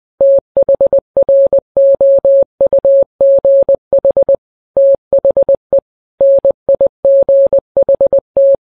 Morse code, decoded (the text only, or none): THROUGH THE NIGHT